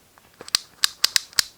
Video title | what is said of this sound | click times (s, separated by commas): Episode 2 The Stuff: Best EDC belt for carry conceal | you go to push it in there like this you'll see you see see how that locks into place like that you can hear that | 0.6 s, 0.8 s, 1.0 s, 1.2 s, 1.4 s